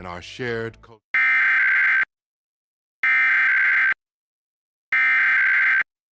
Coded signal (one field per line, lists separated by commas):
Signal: Emergency Alert System (SAME) tones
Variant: header bursts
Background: speech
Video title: New Jersey Required Monthly Test on WNET Newark, NJ (THIRTEEN PBS) (6/22/22) (EAS #19)